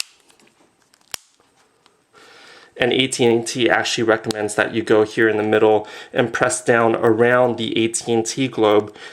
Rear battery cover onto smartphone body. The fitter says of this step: um actually does SNAP in place and you can hear audible snapping